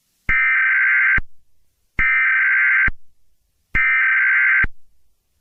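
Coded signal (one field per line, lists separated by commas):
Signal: Emergency Alert System (SAME) tones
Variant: header bursts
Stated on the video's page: Simulated EAS activation for an Iowa tornado emergency that did not actually trigger the EAS.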